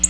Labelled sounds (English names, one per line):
Black-throated Blue Warbler flight call